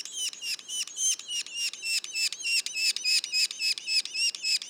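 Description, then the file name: Yellow-bellied sapsucker young calling with loud, scratchy squeaks repeated rapidly and evenly. Juveniles; Mont-Orford National Park, Quebec. "pic macule. parc national du mont orford"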